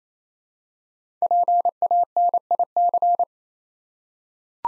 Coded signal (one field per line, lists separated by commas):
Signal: Morse code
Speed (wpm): 29 wpm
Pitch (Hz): 700 Hz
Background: none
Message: PANIC